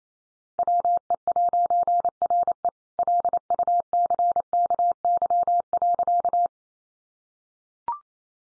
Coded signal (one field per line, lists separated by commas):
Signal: Morse code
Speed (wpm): 28 wpm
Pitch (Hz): 700 Hz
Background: none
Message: WE'RE LUCKY.